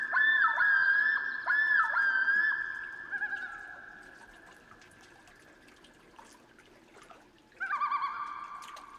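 Common Loon giving a long wail that fades, then another call begins near the end.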